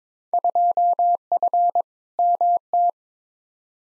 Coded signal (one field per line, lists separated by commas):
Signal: Morse code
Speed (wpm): 22 wpm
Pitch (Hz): 700 Hz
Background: none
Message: 2F MT